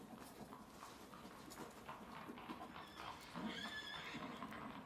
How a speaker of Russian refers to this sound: Мария просыпается от ржания лошади.